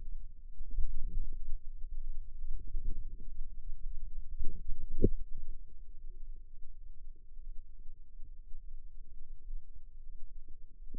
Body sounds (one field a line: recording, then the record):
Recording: forearm muscle sounds (acoustic myography)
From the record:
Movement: ulnar deviation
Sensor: system 2, bracelet of six BSWA MPA416 microphones around the upper forearm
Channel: 2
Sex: female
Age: 22 years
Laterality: right